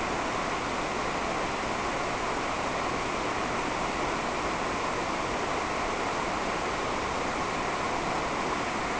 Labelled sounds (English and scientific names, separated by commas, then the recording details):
none
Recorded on Arctic tundra, site NAIT-1, on 28 June 2018
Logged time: 07:00